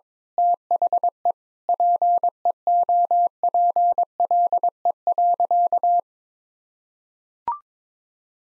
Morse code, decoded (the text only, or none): THE PEOPLE.